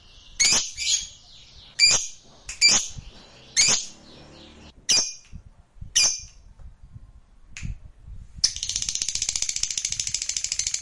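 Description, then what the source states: Lovebird calls: harsh, high chirps in irregular bursts, then a steady fast buzzy chatter starts near the end. Fighter lovebird described as gacor, singing energetically.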